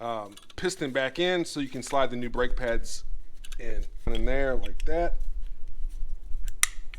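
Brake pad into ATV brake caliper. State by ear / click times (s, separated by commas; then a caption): seated / 6.6 s. Someone talks while a new metal-backed brake pad is slid into the brake caliper bracket of a Can-Am Renegade/Outlander ATV, after the caliper piston was pushed back with a C-clamp. After faint metallic scrapes, a single sharp click at 6.6 s marks the pad seating in place.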